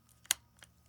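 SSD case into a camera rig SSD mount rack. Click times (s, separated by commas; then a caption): 0.3 s. An SSD in its small metal case slides up from the bottom along machined grooves into the SSD mount rack on a SIGMA fp camera rig. A short, bright click sounds at 0.3 s, with a fainter tick just before it and another around 0.6 s over a low steady hum. The SSD locks in place, seated in the rack.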